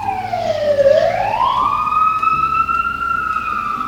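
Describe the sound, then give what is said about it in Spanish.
A wailing emergency vehicle siren, responding to a crash in which a motorcycle hit a taxi, sweeps down in pitch, then rises and holds a long, steady high tone, loud and continuous over a low rumble of traffic. “Acá ruido de sirena.”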